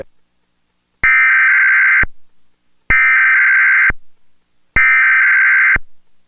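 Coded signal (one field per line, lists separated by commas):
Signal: Emergency Alert System (SAME) tones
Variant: header bursts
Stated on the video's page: Real EAS Required Weekly Tests relayed by Comcast Xfinity cable in Spokane, Washington, auto-tuned to C-SPAN.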